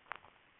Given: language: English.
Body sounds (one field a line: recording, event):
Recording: throat vibration sensor signal played as sound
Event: swallow